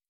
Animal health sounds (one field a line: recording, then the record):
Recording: hydrophone in a shrimp aquaculture tank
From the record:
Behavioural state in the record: stressed